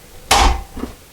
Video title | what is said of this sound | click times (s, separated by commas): How To Reverse The Swing On A Dryer Door | and it snaps right in. | 0.3 s